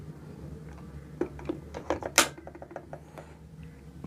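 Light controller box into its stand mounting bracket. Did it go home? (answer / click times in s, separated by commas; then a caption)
yes / 2.2 s. An Aputure 300D Mark II light's controller box is pressed onto its metal and plastic stand mounting bracket with a press knob, and the knob is then released. Several small clicks and taps around 1.2–2.1 s lead to a loud, sharp hit at 2.2 s as the mount latches. The controller box is seated and locked into place.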